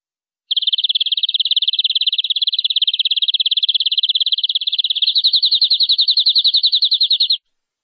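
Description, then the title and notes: Canary song, a long, fast, even trill of high notes that shifts to a slightly different, pulsing rhythm partway through and runs nearly seven seconds. "BM Suara Kenari. BM Suara Burung Kenari"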